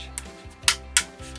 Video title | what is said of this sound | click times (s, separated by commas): Agora Optimus Prime Pack 4 Build & Review | that just snaps in place like that | 0.7 s, 1.0 s